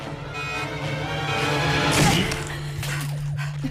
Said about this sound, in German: Türen eintreten gehört zur Jobbeschreibung.